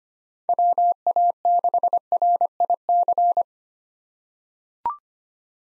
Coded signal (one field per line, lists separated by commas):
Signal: Morse code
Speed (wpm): 25 wpm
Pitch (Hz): 700 Hz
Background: none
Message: WA6RIC